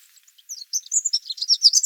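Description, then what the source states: Eurasian wren song, a rapid jumble of very high twittering notes that grows louder and denser over two seconds. Nominate subspecies troglodytes.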